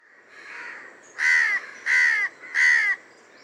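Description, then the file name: House crow cawing: a faint softer call, then three loud harsh caws in even succession, roughly every two-thirds of a second. "Corvus splendens"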